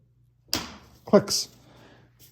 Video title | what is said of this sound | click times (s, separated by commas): Weber Charcoal Kettle Grill Custom Wheel Inserts! / Product Review and Installation Guide! | it clicks, and the next one till it clicks. | 0.5 s